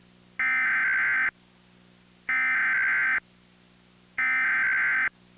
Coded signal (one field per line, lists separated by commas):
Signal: Emergency Alert System (SAME) tones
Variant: header bursts